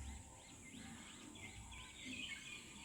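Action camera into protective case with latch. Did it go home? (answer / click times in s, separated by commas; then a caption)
no / none. A GoPro Hero 12 Black action camera is set into its protective plastic case, with the case latch about to be pressed shut. Only faint handling and steady background noise with bird-like chirps are heard. Nothing has seated or clicked yet.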